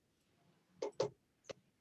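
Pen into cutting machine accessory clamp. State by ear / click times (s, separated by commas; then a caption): seated / 0.8 s, 1.0 s. A pen is pushed down into the opened accessory clamp of a craft cutting machine, arrow facing the user, until it clicks home and is seated. Two sharp clicks are heard at 0.8 s and 1.0 s, followed by a fainter tap near 1.5 s, with no talk in the clip.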